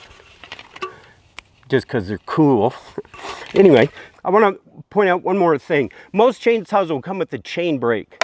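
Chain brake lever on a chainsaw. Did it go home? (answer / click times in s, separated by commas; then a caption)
no / none. Someone talks while handling the chain brake lever on a chainsaw, with a few light knocks and a sharp tick near the start. The brake lever has not yet been pushed forward to engage the chain brake, so nothing has seated or clicked yet.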